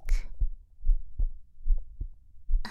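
Soft, deep paired lub-dub thumps of an adult heart, heard close to the chest, repeat in a steady, even rhythm at roughly 75 beats a minute. A quiet, calm, relaxed, regular heartbeat with no extra sounds, moving slowly and gently. Brief rustling is heard at the very start and end.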